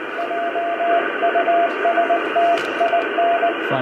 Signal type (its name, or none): Morse code